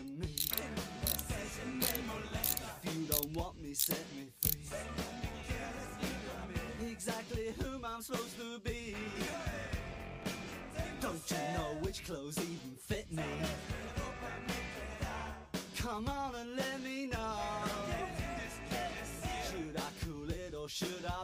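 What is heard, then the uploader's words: Mechanical whirring and tinkering blend with music, a dense, loud mix that never lets up. Wavering, sliding tones rise and fall over a low steady drone, while sharp clicks and knocks strike frequently and irregularly, with brief dips near 4 and 8 seconds. Tony Stark's Lab Ambience ASMR. This audio features mechanical whirring, tinkering sounds (hammering, drillling, etc), music.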